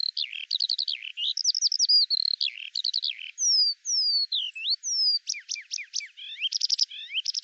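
Eurasian skylark song mixing rapid twittering bursts, several clear down-slurred whistles and quick rattling trills in a nonstop high-pitched flow.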